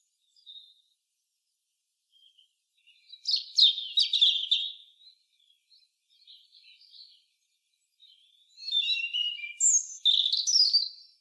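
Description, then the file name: European robin sings two loud bursts of glittering high notes and quick slides, with soft scattered twitters between them. "Erithacus rubecula"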